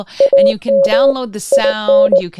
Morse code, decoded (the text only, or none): AM IN